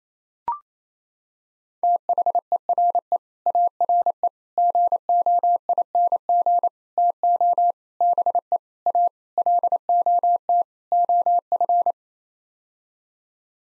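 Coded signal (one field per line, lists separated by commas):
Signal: Morse code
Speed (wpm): 28 wpm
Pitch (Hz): 700 Hz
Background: none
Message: THERE ARE GOING TO BE A LOT OF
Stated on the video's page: Head-copy drill of common 8-word groups at 28 wpm, each sent in Morse, then spoken, then sent again.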